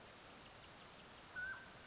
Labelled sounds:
Mountain Quail (Oreortyx pictus)
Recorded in Sonoma County, California

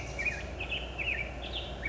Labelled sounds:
Black-headed Grosbeak (Pheucticus melanocephalus)
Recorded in Sonoma County, California

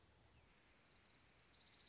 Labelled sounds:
Orange-crowned Warbler (Leiothlypis celata)
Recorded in Sonoma County, California

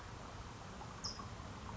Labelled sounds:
California Towhee (Melozone crissalis)
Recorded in Sonoma County, California

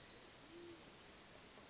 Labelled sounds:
Band-tailed Pigeon (Patagioenas fasciata)
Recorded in Sonoma County, California

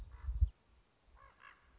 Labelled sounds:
Common Raven (Corvus corax)
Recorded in Sonoma County, California

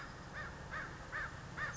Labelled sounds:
American Crow (Corvus brachyrhynchos)
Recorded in Sonoma County, California

